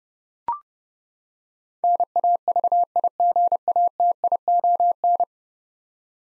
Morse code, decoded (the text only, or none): NAVIGATION